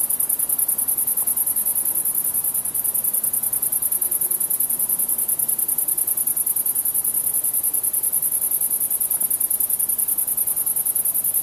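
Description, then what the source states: Insects give a continuous high, thin chirping drone, rapidly pulsed and unbroken for the whole stretch, over a quiet low background hiss. Insects chirping at night.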